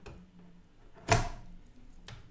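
A graphics card is pressed down into a motherboard's PCIe expansion slot, and the slot's retention latch gives a sharp, bright click at 1.1 s. Fainter ticks come at 0.1 s and 2.1 s. The card is seated.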